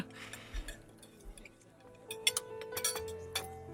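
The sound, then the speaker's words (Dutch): Cutlery clinks against dishes at breakfast: soft scattered ticks at first, then several sharper, brighter clinks with a short metallic ring, irregularly spaced over a quiet background with no talking. “Als je goed luistert, wordt een beetje ontbijtgeluid.”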